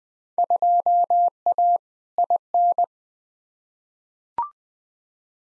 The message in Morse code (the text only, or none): 2A IN